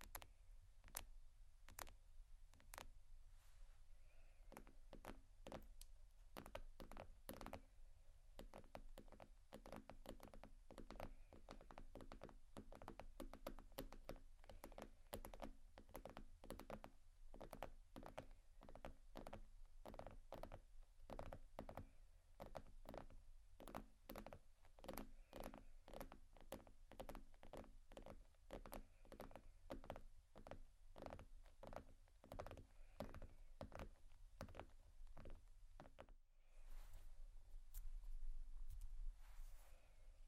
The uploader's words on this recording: ASMR Tappingscratching Galore 4 Bags (No Talking).